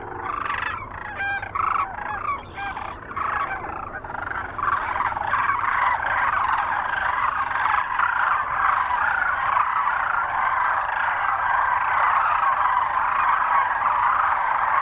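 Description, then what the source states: Sandhill Crane calls, several separate rattling calls at first, then swelling into a dense, continuous chorus of many birds calling together. Recorded 9 March 2004 near Kearney, Nebraska.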